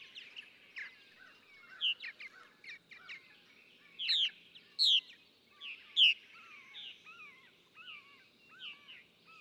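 Purple martin song, fainter and loose: scattered chirps and gurgles, a few louder sharp notes, and soft whistled notes near the end.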